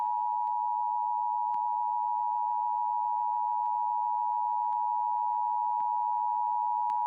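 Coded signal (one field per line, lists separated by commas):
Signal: Emergency Alert System (SAME) tones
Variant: 853 and 960 Hz attention tone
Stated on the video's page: Monthly tests received from Iowa and from Imperial and San Diego, California.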